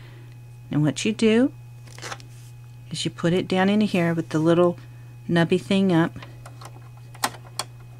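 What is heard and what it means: A bobbin case holding the bobbin is handled at the front-loading bobbin area of a sewing machine while someone talks over a steady low hum. Faint taps come at about 2.0 s and 2.2 s and sharper clicks at 7.2 s and 7.6 s, but the bobbin case has not been turned to lock, and nothing has seated or clicked yet.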